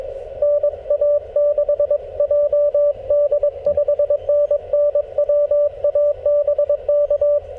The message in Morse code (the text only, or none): NA6JD 5NN WA BK